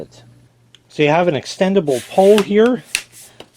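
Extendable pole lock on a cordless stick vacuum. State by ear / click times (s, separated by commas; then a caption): seated / 3.4 s. Someone talks while adjusting the extendable pole on a Greenote cordless rechargeable stick vacuum cleaner. A single sharp click comes at 3.4 s as the pole lock catches, and the pole locks in place at the chosen length.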